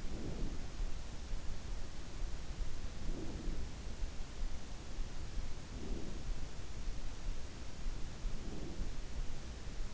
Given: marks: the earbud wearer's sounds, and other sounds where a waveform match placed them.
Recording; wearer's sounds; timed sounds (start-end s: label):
sounds in sleep by an in-ear microphone; breath
0.00-0.76 s: breath
2.91-3.55 s: breath
5.56-6.43 s: breath
8.19-8.91 s: breath